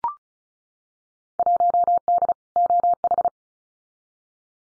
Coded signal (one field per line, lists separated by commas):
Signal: Morse code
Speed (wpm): 36 wpm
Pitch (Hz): 700 Hz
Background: none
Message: 1D OH